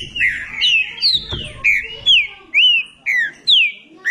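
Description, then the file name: Green-winged saltator song: loud whistled slurred notes, given in a steady run of several phrases with brief pauses between. "canto do trinca ferro"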